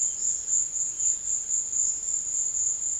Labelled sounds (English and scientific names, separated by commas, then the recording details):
none
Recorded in secondary vegetation near Puerto Asís, Putumayo, Colombia, on 13 March 2025 at 15:00
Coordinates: 0.488, -76.319
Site G095